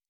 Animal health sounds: hydrophone in a shrimp aquaculture tank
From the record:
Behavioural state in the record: normal

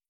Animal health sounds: hydrophone in a shrimp aquaculture tank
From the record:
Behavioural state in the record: starved

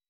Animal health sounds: hydrophone in a shrimp aquaculture tank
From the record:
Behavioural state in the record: weakened

